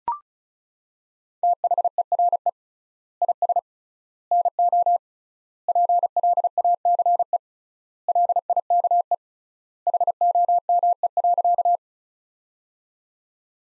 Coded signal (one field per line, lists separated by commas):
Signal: Morse code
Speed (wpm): 36 wpm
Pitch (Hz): 700 Hz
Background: none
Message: THERE IS NO PLACE LIKE HOME.